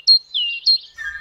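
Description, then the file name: Great tit song fragment: a high clear note sliding down to a lower note, then a high note again, followed by a softer lower tone. "Flux FM Hör Mal Wer Da Zwitschert. Kohlmeise"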